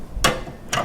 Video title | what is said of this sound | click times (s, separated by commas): How to Build a Computer - 2013 Edition! | And you hear that click into position. | 0.2 s